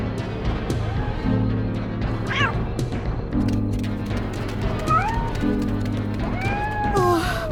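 Several cats, one of them hungry and unfed since the day before, meow in turn, with rising and falling wails, over a steady low droning hum that pulses in repeating blocks. No voices are heard.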